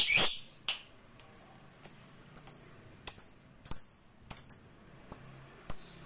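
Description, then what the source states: Lovebird chirps, short high sharp notes repeated at a fairly steady pace. Lovebird sound used to stimulate other lovebirds.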